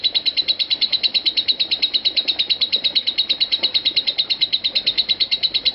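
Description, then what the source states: Lovebird chattering song: a steady, unbroken stream of sharp, high chirps, holding an even rhythm throughout. Konslet song style.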